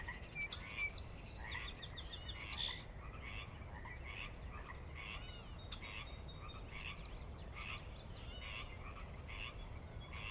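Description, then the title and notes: Pacific chorus frogs giving rhythmic raspy croaks, with a rapid bird trill near the start. Wild chorus on the valley floor of Sinlahekin Valley, Washington, a glacier-carved valley in the Sinlahekin Wildlife Area on the Cascades' northeastern slope; recorded at dusk. "Sinlahekin Valley dusk. the ever-present Pacific Chorus Frogs that are a fixture of the Northwest Soundscape"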